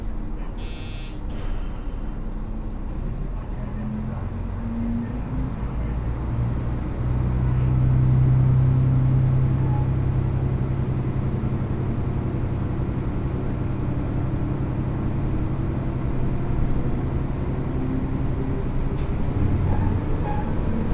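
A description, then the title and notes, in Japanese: Railway ride on the Mizushima Rinkai line: a steady low rumble and hum of the moving train, with a brief bright squeal near the start. 耳で楽しむ鉄道旅 水島臨海鉄道 倉敷市→三菱自工前。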